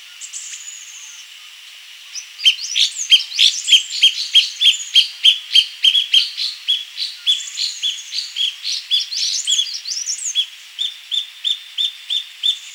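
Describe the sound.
Cutia calls: a rapid run of short, sharp notes repeated about three times a second, with higher thin whistles and twittering laid over them.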